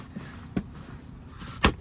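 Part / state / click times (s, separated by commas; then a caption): plastic trim panel clips in the car's center console / released / 0.6 s, 1.7 s. A screwdriver pries along a plastic trim panel on a Tesla's center console to reach the OBD port for installing an OBD box. Two sharp plastic clacks ring out at 0.6 and 1.7 seconds as the panel's clips pop out, over quiet background hiss. The panel comes free.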